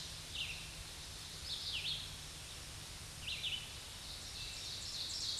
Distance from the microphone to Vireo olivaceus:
about 35 m